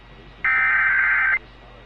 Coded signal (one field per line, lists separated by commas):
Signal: Emergency Alert System (SAME) tones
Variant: header bursts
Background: speech